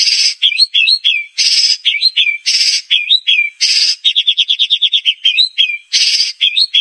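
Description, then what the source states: White-rumped shama song: loud harsh buzzy bursts alternating with short rising and falling whistled slurs, with a run of quick repeated notes in the middle. Bird singing energetically, used as a lure to provoke a response.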